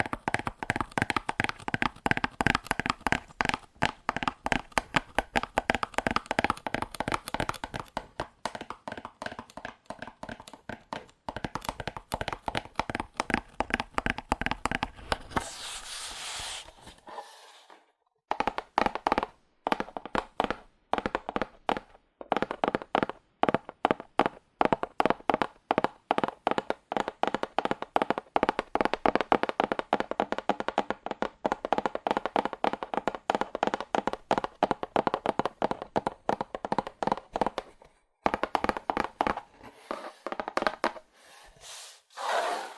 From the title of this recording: ASMR Fast Aggressive Cardboard Tapping